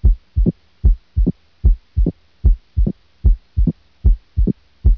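Regular adult heartbeat at about 75 beats a minute. Each cycle has a first sound, then a second sound followed closely by a sharp extra click early in the resting phase. That click is an opening snap.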